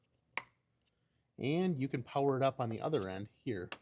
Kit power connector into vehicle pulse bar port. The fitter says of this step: Simply installing it into place till it clicks.